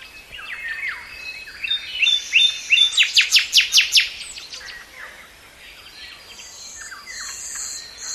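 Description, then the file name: Common nightingale song: varied phrases of chirps and whistles building to a loud series of rapid repeated notes, then softer high whistles, with faint background noise. "Luscinia megarhynchos"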